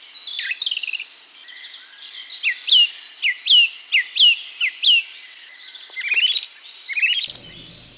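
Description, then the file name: Song thrush repeating a clear, slurred whistled note several times, followed by rapid rising chirps. "bioakusztika enekesrigo"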